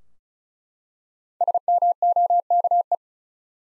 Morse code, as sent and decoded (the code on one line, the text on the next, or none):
... -- --- -.- .
SMOKE